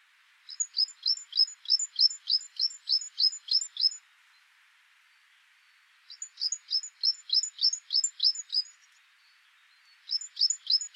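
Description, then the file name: Great tit repeating bright two-note phrases rapidly in three strophes separated by short silences, the last cut off, over soft background hiss. "Parus major"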